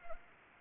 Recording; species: mosquito wingbeat signal from an infrared sensor; Anopheles gambiae